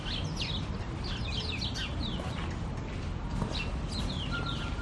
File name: kedr sfx stockholm park skansen chirping sparrows footsteps on gravel walla